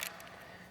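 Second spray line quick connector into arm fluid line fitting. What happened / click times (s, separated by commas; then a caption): The hose connector snapped into place / 0.0 s. The second plastic spray line quick connector, which is harder to fit, is pushed into the fluid line fitting on an Agras T40 drone's arm and seats with a short, sharp click at 0.0 seconds. A faint hiss follows for the rest of the clip.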